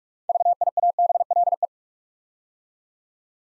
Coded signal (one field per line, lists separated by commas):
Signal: Morse code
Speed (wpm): 44 wpm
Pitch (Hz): 700 Hz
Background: none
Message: VIABLE